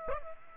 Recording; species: mosquito wingbeat signal from an infrared sensor; Aedes aegypti